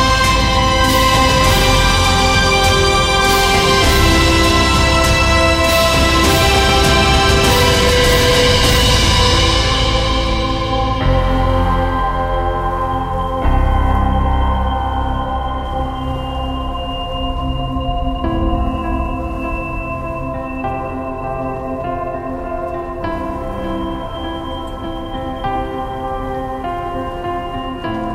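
Epic music with the sound of a snowstorm: a dense, loud orchestral passage with bright, sweeping high tones fills the first ten seconds, then thins to sustained tones and a steady low drone with occasional swells. A high, whistling tone runs through the second half.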